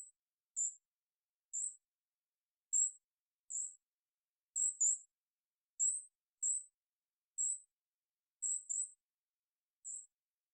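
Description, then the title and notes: Golden-crowned kinglet giving thin, very high-pitched tsee notes, singly or in quick doubles, about one every second, with no other sounds. Calls recorded in the Pacific Northwest, Washington, United States; parabolic single-species recording, processed for clarity with natural pace and rhythm kept. "GoldenCrowned Kinglet Calls. Golden-crowned Kinglet, Regulus satrapa, calls. Recorded in the beautiful Pacific Northwest in Washington, Unister States"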